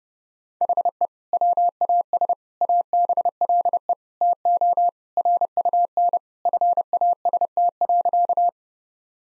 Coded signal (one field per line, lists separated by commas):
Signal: Morse code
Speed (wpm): 32 wpm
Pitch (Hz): 700 Hz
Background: none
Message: HE WAS ABLE TO RUN FAST.